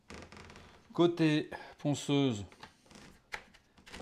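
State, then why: Seated. The other end of a 3D-printed plastic reducer is pushed onto a sander's dust port, fitting the same way as the vacuum side, while someone talks over light rustling. A sharp knock at 3.3 s marks it seating, giving a solid connection between the sander and the vacuum.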